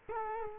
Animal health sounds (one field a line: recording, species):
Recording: mosquito wingbeat signal from an infrared sensor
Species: Culex quinquefasciatus